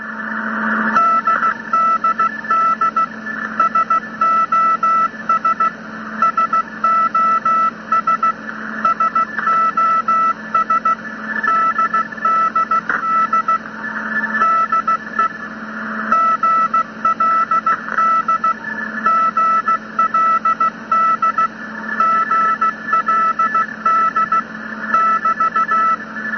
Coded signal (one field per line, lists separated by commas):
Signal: Morse code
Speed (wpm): 16 wpm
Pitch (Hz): 1320 Hz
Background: none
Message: DDD SOS SOS SOS DDD DE GLD GLD GLD <BT>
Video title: Morse Code vs The Widow Maker